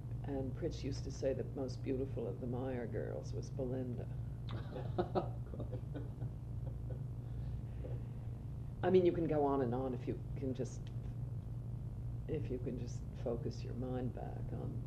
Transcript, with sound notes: And Prich used to say that most beautiful at the Meyer girls was Belinda. [laughter] I mean, you can go on and on if you can just--if you can just focus your mind back on